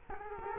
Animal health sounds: mosquito wingbeat signal from an infrared sensor; Culex quinquefasciatus

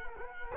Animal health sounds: mosquito wingbeat signal from an infrared sensor; Culex quinquefasciatus

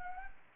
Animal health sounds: mosquito wingbeat signal from an infrared sensor; Anopheles gambiae

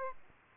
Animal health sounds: mosquito wingbeat signal from an infrared sensor; Aedes aegypti

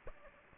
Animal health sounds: mosquito wingbeat signal from an infrared sensor; Aedes aegypti

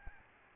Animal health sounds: mosquito wingbeat signal from an infrared sensor; Aedes albopictus

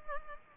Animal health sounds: mosquito wingbeat signal from an infrared sensor; Culex pipiens

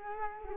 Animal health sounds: mosquito wingbeat signal from an infrared sensor; Culex quinquefasciatus

